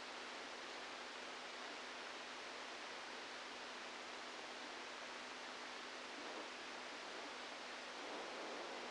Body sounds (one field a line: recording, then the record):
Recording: brain microelectrode recording played as sound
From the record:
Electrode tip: inside the subthalamic nucleus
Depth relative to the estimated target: -2 mm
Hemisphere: left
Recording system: NeuroSet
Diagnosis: Parkinson's disease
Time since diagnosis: 17 years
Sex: male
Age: 64 years